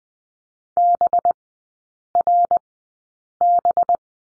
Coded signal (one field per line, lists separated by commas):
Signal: Morse code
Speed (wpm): 20 wpm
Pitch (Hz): 700 Hz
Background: none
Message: BRB